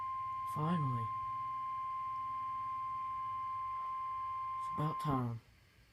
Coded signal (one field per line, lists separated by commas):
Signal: Emergency Alert System (SAME) tones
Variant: 1050 Hz attention tone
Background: speech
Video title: Eas#2 flash flood